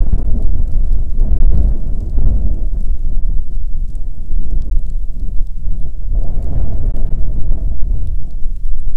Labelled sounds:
fox or wolf, wind, rain
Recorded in the Prudhoe Bay oil fields, Alaska, on 5 June 2019 at 00:01
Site 13

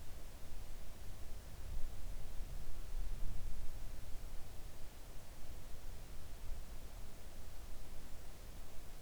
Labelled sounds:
near silence
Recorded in the Arctic National Wildlife Refuge, Alaska, on 3 August 2019 at 05:39
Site 41

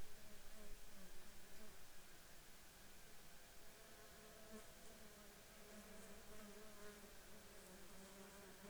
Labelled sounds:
insects
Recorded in the Arctic National Wildlife Refuge, Alaska, on 21 June 2019 at 10:37
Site 33

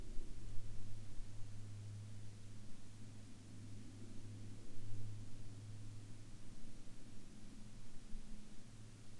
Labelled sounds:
aircraft
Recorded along the Dempster Highway, Canada, on 7 May 2019 at 19:19
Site 20

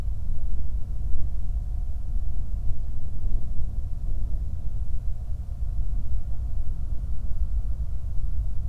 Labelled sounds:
wind
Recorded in the Prudhoe Bay oil fields, Alaska, on 8 July 2019 at 00:47
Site 25

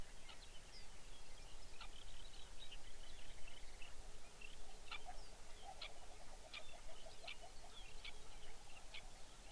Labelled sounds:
songbird, shorebird
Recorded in the Arctic National Wildlife Refuge, Alaska, on 23 May 2019 at 05:28
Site 49

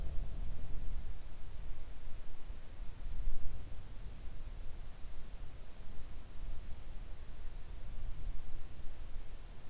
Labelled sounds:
near silence
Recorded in the Arctic National Wildlife Refuge, Alaska, on 3 August 2019 at 06:07
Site 41

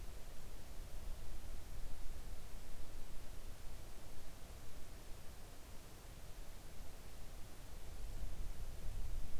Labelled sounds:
near silence
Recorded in the Arctic National Wildlife Refuge, Alaska, on 3 August 2019 at 05:38
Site 41

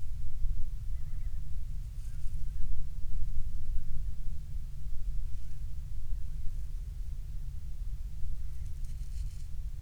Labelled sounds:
bird
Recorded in the Prudhoe Bay oil fields, Alaska, on 12 July 2019 at 03:04
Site 16

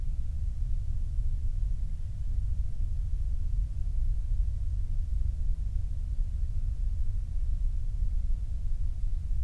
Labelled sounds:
flare stack, wind
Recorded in the Prudhoe Bay oil fields, Alaska, on 8 July 2019 at 05:51
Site 25

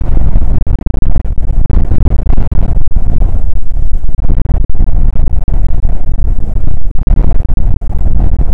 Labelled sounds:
wind
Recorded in the Prudhoe Bay oil fields, Alaska, on 19 July 2019 at 00:05
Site 25

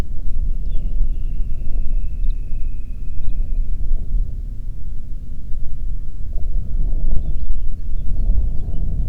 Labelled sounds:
songbird, wind
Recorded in the Prudhoe Bay oil fields, Alaska, on 8 June 2019 at 04:46
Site 30

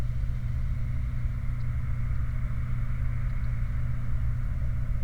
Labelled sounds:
songbird, truck
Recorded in the Prudhoe Bay oil fields, Alaska, on 29 July 2019 at 04:17
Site 29

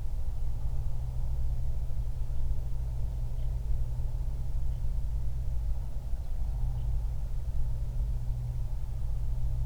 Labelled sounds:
bird, wind, man-made sound
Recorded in the Prudhoe Bay oil fields, Alaska, on 31 July 2019 at 08:42
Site 24

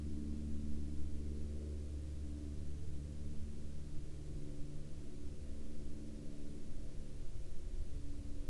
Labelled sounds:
aircraft
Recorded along the Dalton Highway, Alaska, on 24 April 2019 at 10:47
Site 08

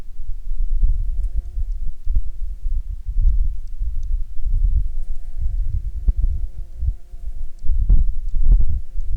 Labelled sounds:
bird, wind, insects
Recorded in Ivvavik National Park, Yukon, on 29 June 2019 at 19:34
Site SINP09

